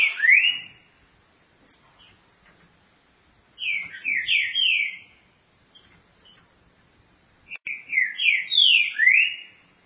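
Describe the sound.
Green-winged saltator song of rich, slurred whistled notes in phrases repeated about every four seconds, with near silence between them.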